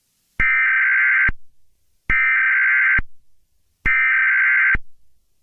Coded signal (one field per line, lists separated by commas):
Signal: Emergency Alert System (SAME) tones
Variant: header bursts